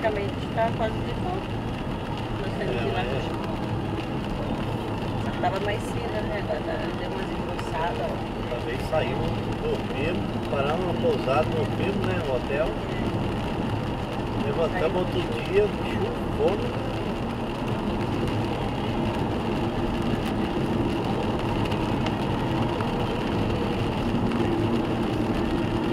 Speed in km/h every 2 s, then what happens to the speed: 70, 74, 76, 77, 79, 82, 84, 85, 87, 87, 87, 88, 83.
0-17 speeds up to 87. 17-22 steady at about 87.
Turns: none.